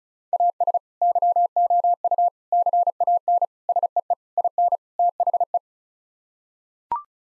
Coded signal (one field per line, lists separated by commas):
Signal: Morse code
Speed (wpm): 34 wpm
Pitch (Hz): 700 Hz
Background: none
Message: AS YOU CAN SEE IN THE